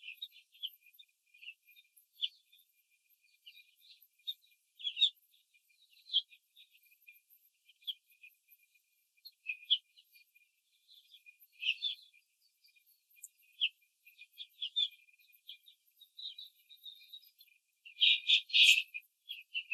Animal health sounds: young laying hens in a cage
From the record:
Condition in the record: control cage, before the stress test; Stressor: none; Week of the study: 4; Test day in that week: 3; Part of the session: 1

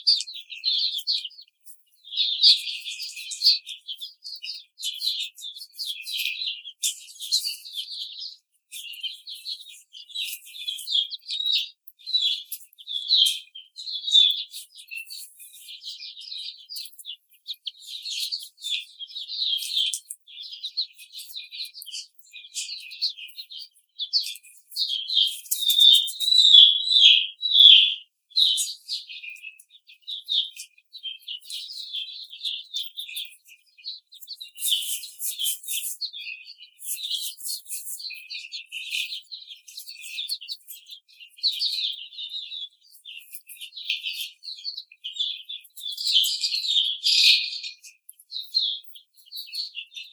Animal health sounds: young laying hens in a cage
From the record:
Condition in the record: treatment cage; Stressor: simulated dog barking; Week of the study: 5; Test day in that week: 1

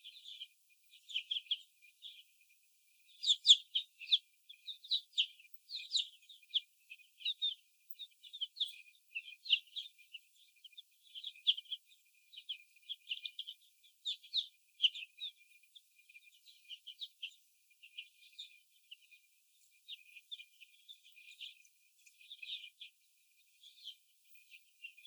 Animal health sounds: young laying hens in a cage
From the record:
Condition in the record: before the stressor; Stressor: sudden umbrella opening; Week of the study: 2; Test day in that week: 1

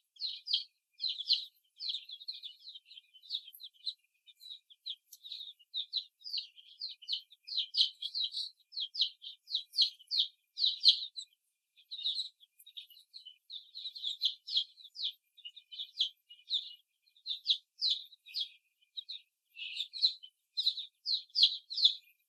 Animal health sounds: young laying hens in a cage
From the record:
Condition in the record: before the stressor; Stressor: simulated dog barking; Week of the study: 1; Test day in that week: 2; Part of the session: 3

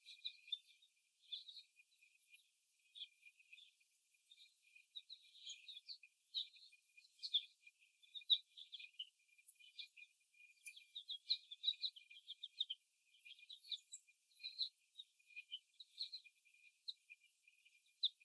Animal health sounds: young laying hens in a cage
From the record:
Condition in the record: before the stressor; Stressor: simulated dog barking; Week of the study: 1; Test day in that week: 1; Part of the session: 2

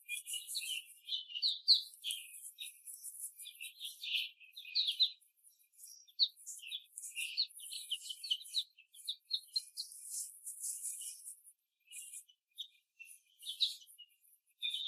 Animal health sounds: young laying hens in a cage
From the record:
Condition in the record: after the stressor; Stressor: simulated dog barking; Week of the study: 3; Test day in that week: 1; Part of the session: 4

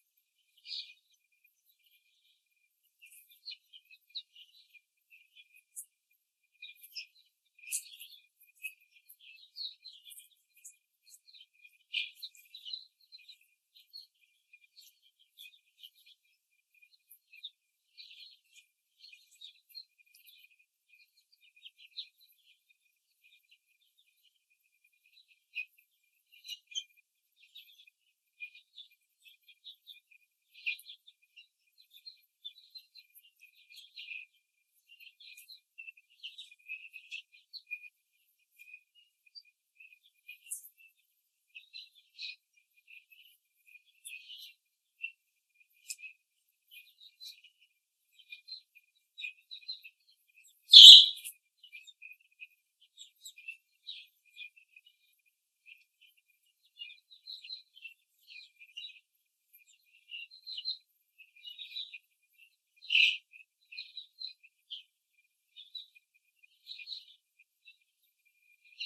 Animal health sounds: young laying hens in a cage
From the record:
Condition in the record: before the stressor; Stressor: simulated dog barking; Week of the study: 3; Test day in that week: 2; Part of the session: 1

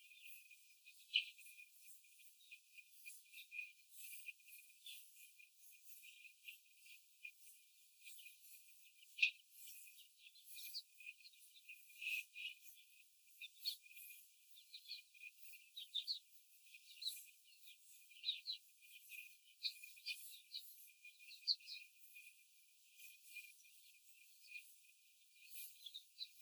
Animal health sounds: young laying hens in a cage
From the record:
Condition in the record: after the stressor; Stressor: simulated dog barking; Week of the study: 4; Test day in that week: 1

